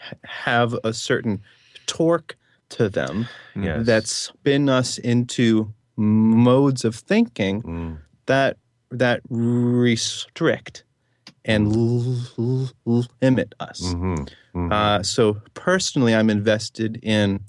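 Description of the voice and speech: A low-pitched adult male who stutters speaks in a conversation, with several stretched sounds, a repeated "that… that", and frequent pauses mid-phrase. These prolongations and repetitions fit mild stuttering. Another voice adds brief "mm-hmm" responses.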